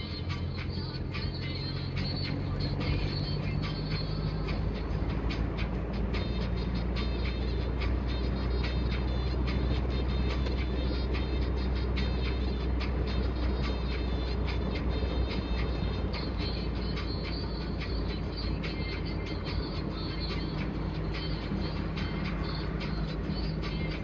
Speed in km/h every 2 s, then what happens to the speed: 32, 36, 39, 41, 41, 40, 39, 38, 36, 35, 35, 35.
0-6 speeds up to 41. 6-24 steady at about 38.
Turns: none.